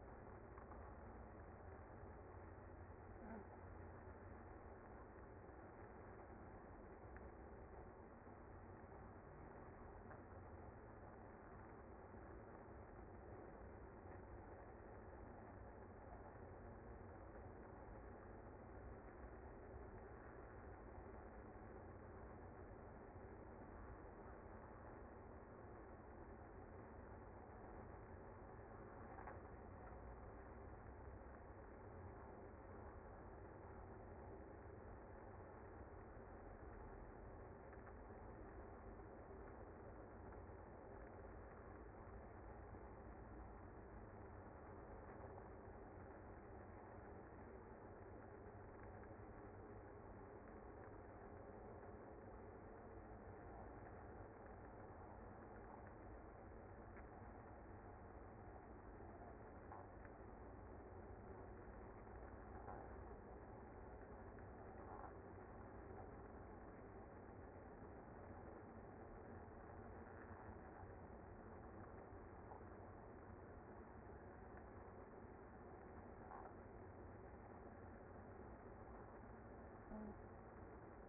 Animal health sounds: honeybee colony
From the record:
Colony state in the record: active

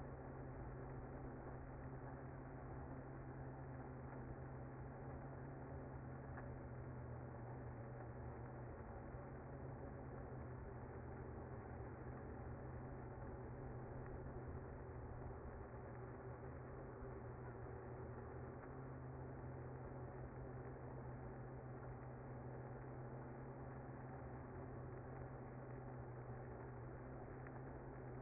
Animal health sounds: honeybee colony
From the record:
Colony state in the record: active

